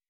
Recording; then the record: hydrophone in a shrimp aquaculture tank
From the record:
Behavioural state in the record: weakened